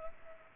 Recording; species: mosquito wingbeat signal from an infrared sensor; Culex pipiens